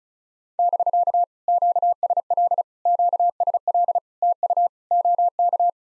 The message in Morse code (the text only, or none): <BK> QSL QSL TU OK